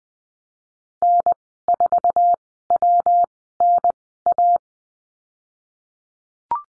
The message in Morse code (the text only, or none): N4WNA